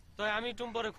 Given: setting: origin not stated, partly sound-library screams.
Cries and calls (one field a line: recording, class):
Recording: one-second piece from a danger detection set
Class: normal situation